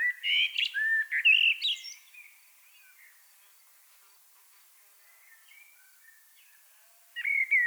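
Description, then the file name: Common blackbird opening with a rich warbled phrase, followed by quiet with faint birdsong, then a new phrase starting at the end. "Turdus merula"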